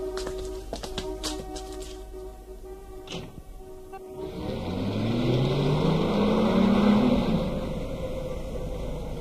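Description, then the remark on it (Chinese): A few sharp clicks and knocks come first, then a car engine swells in and pulls away from in front of the Bailemen restaurant, its drone climbing steadily in pitch and growing louder as it accelerates; the car heads east, taking many winding turns. “803跟随着那个人乘车往东，汽车七拐八拐的，不一会儿就停在一家桑拿浴室门前。”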